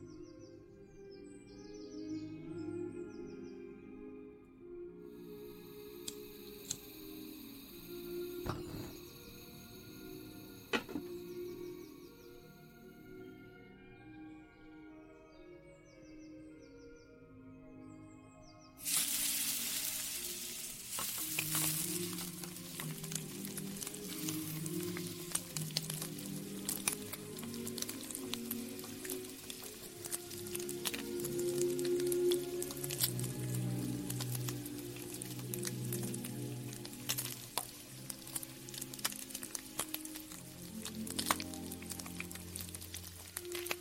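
Oldies music plays steadily while granny cooks in the kitchen. For the first twenty seconds the tune is mostly alone with a few soft clinks; then a loud, dense sizzle of frying starts abruptly and continues, with scattered clicks and scrapes over the music.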